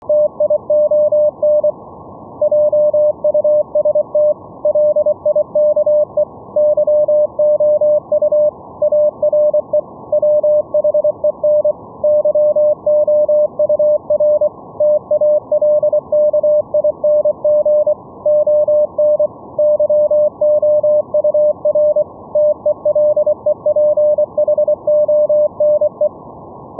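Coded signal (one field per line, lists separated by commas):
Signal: Morse code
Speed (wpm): 24 wpm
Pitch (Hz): 600 Hz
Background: none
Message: TION JUST LIKE YOU ARE WHEN YOUR TALKING ON YOUR TELEPHONE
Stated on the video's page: Live demo of a VLF CW net: operators send CW from keying software at 1–20 kHz to a Raspberry Pi server that relays it via pickup coils.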